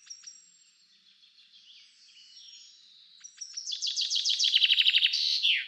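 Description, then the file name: Common chaffinch song: faint notes, then a loud run of rapidly repeated descending phrases ending in a final flourish near the end. "Fringilla coelebs"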